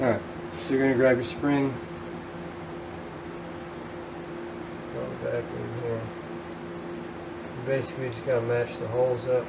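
Someone talks while picking up the metal retaining spring for a clutch throw-out bearing and moving it toward the bearing, over a steady background hum. The holes have not been matched up yet, and the spring has not clicked into place.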